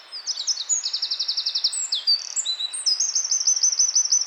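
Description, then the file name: Eurasian wren song, a vigorous high-pitched torrent of clear notes with a fast rattling trill near the start and another ringing trill toward the end. "Troglodytes troglodytes"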